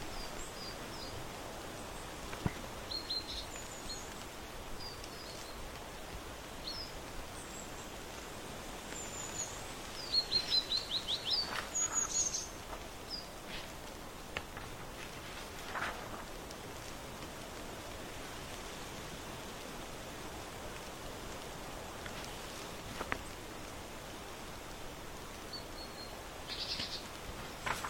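Steady outdoor hiss with scattered bird chirps and tweets, a brighter burst of calls around ten to twelve seconds, and occasional soft clicks.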